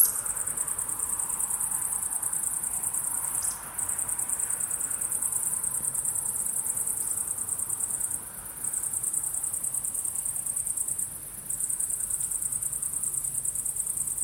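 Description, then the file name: High, fast cricket trilling runs in long bursts separated by short gaps of about half a second, over quiet low background noise. Crickets calling at sunset. "syrsor solnedgang"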